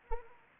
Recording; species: mosquito wingbeat signal from an infrared sensor; Anopheles arabiensis